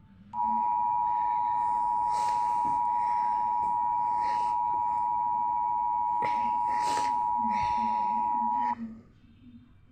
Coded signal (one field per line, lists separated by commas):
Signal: Emergency Alert System (SAME) tones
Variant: 853 and 960 Hz attention tone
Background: speech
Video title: eas:tornado warning